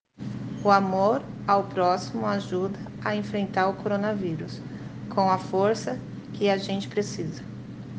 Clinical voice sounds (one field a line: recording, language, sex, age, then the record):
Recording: spoken sentence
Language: Brazilian Portuguese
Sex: female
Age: 30 to 39 years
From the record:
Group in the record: respiratory insufficiency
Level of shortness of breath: 5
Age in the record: 37 years